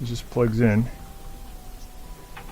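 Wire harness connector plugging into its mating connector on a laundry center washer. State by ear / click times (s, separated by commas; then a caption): seated / 2.4 s. Someone talks while a plastic electrical wire harness connector is plugged back into its mating connector on a laundry center washer during reassembly after an off-center tub repair. A short click comes at 2.4 s as the connector seats, and it is fully locked in.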